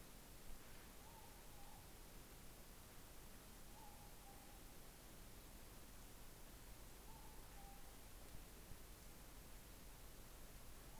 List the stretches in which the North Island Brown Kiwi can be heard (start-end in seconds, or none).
none